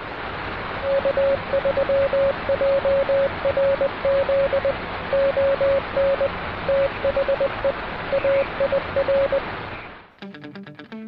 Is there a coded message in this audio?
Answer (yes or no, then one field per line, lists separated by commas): yes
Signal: Morse code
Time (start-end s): 0.9-9.4 s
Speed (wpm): 20 wpm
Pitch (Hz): 560 Hz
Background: radio noise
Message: K3JRZ ON THE AIR